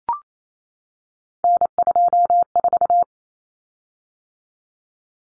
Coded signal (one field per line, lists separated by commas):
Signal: Morse code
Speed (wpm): 28 wpm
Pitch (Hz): 700 Hz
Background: none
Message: N24